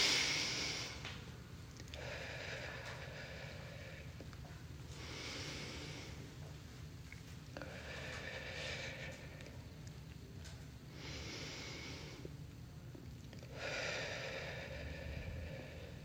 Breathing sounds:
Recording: deep breathing after running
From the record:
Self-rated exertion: light exertion (2 of 6)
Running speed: 5 miles an hour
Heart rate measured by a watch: 60 beats a minute at the start, 64 at the end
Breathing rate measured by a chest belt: 13 breaths a minute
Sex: female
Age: 62 years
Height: 160 cm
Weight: 54 kg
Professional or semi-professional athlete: no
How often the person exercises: 3 to 5 times a week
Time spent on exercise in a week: 3 to 4 hours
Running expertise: no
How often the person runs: 3 to 5 times a week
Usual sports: running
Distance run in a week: 30 km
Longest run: 42 km

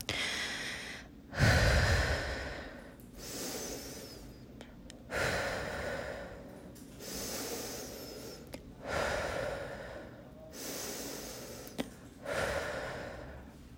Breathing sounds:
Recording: deep breathing after running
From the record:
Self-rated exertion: moderate exertion (3 of 6)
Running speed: 5 miles an hour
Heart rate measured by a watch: 129 beats a minute at the start, 126 at the end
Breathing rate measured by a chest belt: 13 breaths a minute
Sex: female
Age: 18 years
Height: 171 cm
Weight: 75 kg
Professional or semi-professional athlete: no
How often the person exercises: 1 to 2 times a week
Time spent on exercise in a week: under 1 hour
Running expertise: no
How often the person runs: 1 to 2 times a week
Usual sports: running, fencing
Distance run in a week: 3 km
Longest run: 21.3 km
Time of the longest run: 190 minutes

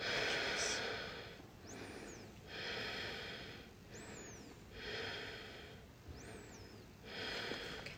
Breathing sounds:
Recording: deep breathing after running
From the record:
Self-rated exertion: light exertion (2 of 6)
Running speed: 7 miles an hour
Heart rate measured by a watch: 112 beats a minute at the start, 109 at the end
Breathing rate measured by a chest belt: 18 breaths a minute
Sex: female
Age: 55 years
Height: 157 cm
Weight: 48 kg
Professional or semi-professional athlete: yes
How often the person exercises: every day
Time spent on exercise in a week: over 5 hours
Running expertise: yes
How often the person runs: 3 to 5 times a week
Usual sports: running, swimming, yoga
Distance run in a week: 40 miles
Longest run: 20 miles

